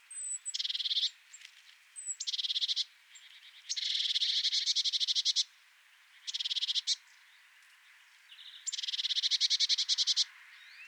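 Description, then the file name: Eurasian blue tit scolding calls: thin high notes leading into dense buzzy churring bursts, about a second each, repeated five times with short pauses. "Cyanistes caeruleus"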